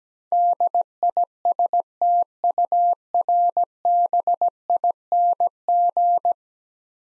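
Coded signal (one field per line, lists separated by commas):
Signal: Morse code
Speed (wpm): 17 wpm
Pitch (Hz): 700 Hz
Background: none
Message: DISTURBING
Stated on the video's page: Morse practice drill of ten-letter words at 17 wpm, each sent, spoken, then sent again.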